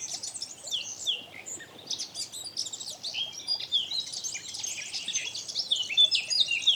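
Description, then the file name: Eurasian blackcap singing a continuous, hurried warble of high chirps, trills and sliding whistles, becoming fuller toward the end. "Sylvia atricapilla"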